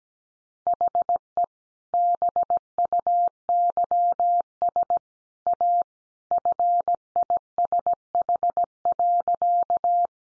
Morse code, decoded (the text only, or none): HE BUYS A FISH.